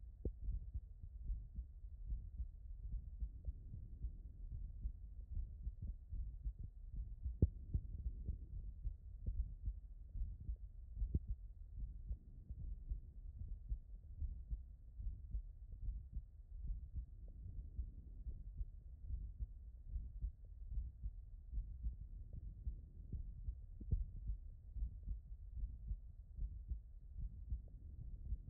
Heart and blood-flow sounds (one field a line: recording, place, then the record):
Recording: heart sounds by stethoscope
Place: tricuspid valve (TV)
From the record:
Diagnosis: non-HFrEF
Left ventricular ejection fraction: 63%